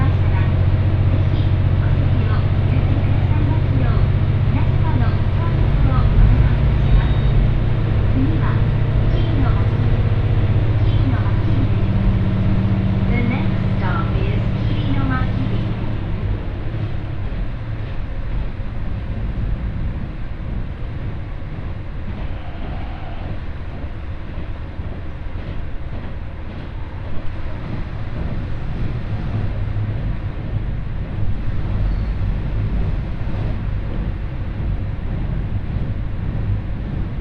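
Ibara Railway ride: a steady low engine rumble with faint voices for the first fifteen seconds, then quieter rolling noise with soft rhythmic clatter.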